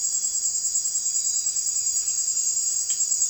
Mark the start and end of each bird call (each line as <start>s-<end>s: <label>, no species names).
0.99s-3.29s: bird call